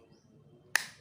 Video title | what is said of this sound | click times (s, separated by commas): Bor Cordless Murah Multi Fungsi | mengeluarkan bunyi klik, | 0.8 s